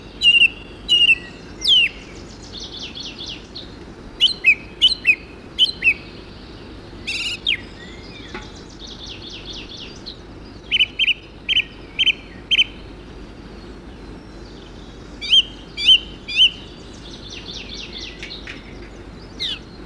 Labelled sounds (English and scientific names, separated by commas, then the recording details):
Song Thrush (Turdus philomelos) song
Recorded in the wild
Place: Sapareva Banya, Rila-Gebirge, Sofia, BG
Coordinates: 42.29, 23.269
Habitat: Montains
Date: 1974-05-20
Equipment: Nagra III BH, Sennheiser MD 21, parabola
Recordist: Schubert, Michael